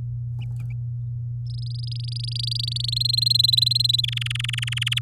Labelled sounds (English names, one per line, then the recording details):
Domestic Canary song
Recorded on 9 May 2018 at 10:54
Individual llb16